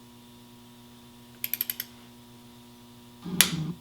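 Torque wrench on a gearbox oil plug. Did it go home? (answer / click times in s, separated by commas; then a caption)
yes / 3.4 s. A click-type torque wrench slowly tightens the gearbox oil plug on a BMW R1100RT, turned gently because it is crushing the new crush washer under the plug. Over a steady hum, five quick light ticks sound between 1.4 and 1.8 s, then the wrench gives a sharp click at 3.4 s as it reaches its setting. The plug is confirmed torqued.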